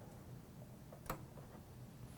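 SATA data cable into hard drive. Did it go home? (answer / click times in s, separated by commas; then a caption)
yes / 1.1 s. A SATA data cable is plugged back into the hard drive's data port and snaps in with one sharp click at 1.1 seconds over a low steady background hum. The cable is seated in place.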